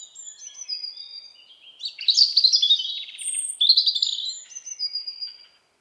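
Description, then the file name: European robin song, wavering high whistles and trills in flowing phrases, with a louder jumbled rattling passage in the middle. "Erithacus rubecula"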